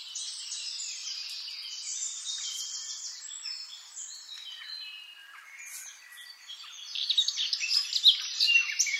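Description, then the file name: Eurasian blackcap song, soft high scratchy warbling at first, then a louder run of sharp, rapid chirps and twitters in the final seconds. "Sylvia atricapilla"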